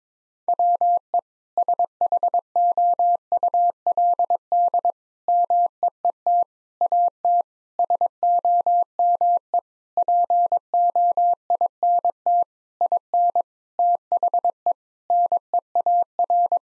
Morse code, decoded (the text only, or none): WE SHOULD MEET AT SOME POINT IN THE NEAR